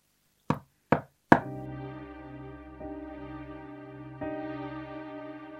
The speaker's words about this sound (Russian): Теперь остается только постучать в дверь.